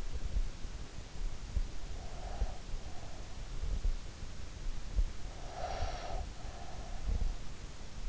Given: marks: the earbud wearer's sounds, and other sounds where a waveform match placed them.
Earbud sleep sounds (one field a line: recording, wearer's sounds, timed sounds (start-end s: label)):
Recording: sounds in sleep by an in-ear microphone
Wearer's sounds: breath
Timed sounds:
1.53-3.66 s: breath
5.41-7.58 s: breath